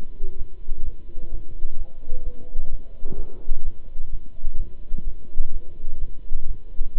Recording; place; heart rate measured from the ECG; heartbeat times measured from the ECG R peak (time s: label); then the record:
heart sounds by stethoscope; between the tricuspid and mitral areas; 128 bpm
0.36 s: heartbeat
0.83 s: heartbeat
1.30 s: heartbeat
1.76 s: heartbeat
2.23 s: heartbeat
2.69 s: heartbeat
3.16 s: heartbeat
3.63 s: heartbeat
4.10 s: heartbeat
4.56 s: heartbeat
5.04 s: heartbeat
5.51 s: heartbeat
5.98 s: heartbeat
6.45 s: heartbeat
6.93 s: heartbeat
From the record:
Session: Bruce protocol treadmill stress test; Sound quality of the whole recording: good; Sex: male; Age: 26 years